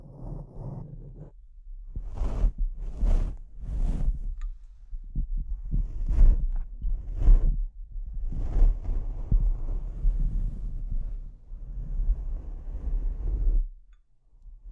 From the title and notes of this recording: ASMR Brain Melting Mic Scratching (No Talking).